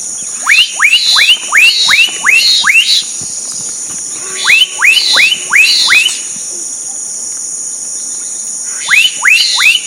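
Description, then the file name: Black-capped donacobius calling in quick runs of upslurred whistles, three bursts with pauses between them, while insects buzz constantly in the background. Recorded at Sertão, Mongaguá, São Paulo, Brazil, on 27 December 2016. "Donacobius-atricapilla-Sertao Mongagua-SP-27-12-16-ASilveira"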